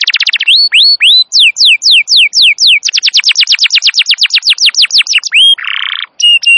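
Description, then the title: Canary song of varied phrases: a brief fast trill, upswept and downswept whistles repeated several times, a rapid chattering run, and a short harsh buzzy note near the end. Long, very energetic canary song used as a master recording to lure and train wild canaries. "Pikat Kenari GACOR PANJANG INI Cocok Untuk Masteran KENARI LIAR"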